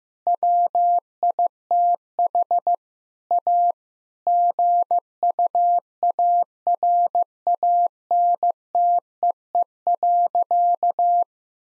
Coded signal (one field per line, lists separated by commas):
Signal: Morse code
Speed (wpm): 15 wpm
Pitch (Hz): 700 Hz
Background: none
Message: WITH A GUARANTEE.